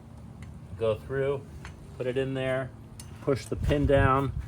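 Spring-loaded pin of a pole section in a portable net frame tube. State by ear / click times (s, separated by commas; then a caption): not seated / none. Someone talks while handling a metal pole section of a VINSGUIR pickleball net set's portable net frame tube, pressing its spring-loaded pin down to push it into the next section. Only a faint tick is heard near 0.4 s. The pin has not clicked into the pole joint and nothing has seated yet.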